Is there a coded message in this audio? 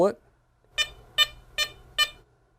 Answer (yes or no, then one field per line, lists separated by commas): no